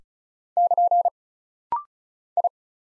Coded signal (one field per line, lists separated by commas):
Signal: Morse code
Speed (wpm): 34 wpm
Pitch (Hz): 700 Hz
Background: none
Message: <KN> I